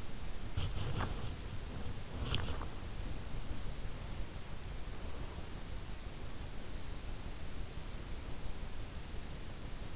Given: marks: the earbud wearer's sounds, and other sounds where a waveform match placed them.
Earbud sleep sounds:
sounds in sleep by an in-ear microphone; body movement
0.00-3.18 s: body movement

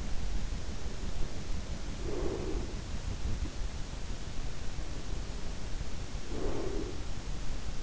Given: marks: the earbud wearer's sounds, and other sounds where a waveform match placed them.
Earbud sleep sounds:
sounds in sleep by an in-ear microphone; breath
1.87-2.97 s: breath
6.01-7.37 s: breath

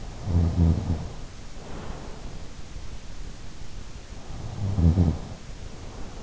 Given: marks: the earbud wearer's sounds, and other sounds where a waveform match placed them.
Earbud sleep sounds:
sounds in sleep by an in-ear microphone; snoring breath
0.02-2.56 s: snoring breath
4.09-6.23 s: snoring breath

